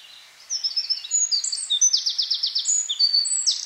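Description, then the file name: Eurasian wren singing: a hurried stream of high, metallic notes with a rattling trill in the middle, continuing to the end. "Troglodytes troglodytes"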